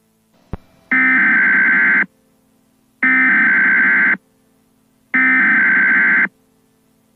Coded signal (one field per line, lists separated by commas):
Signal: Emergency Alert System (SAME) tones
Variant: header bursts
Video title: Nintendo 64 EAS screen.